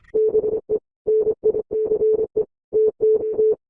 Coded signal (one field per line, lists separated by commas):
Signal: Morse code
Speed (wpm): 24 wpm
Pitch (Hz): 430 Hz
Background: none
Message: BE NICE TTT